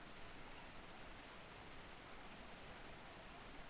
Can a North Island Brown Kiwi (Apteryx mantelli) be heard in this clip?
no